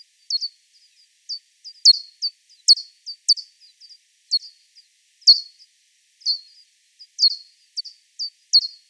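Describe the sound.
Pipistrelle echolocation pulses: brief, sharply downward-sweeping clicks ending in a short flat tail, in an irregular stream of several per second, with an otherwise silent background.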